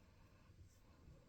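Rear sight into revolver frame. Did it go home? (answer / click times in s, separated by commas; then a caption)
no / none. A Wilson Combat replacement rear sight is pressed down into the top strap of a Colt Anaconda revolver frame, with only low, muffled handling noise and faint rumble and no sharp transients. Nothing has seated or clicked yet.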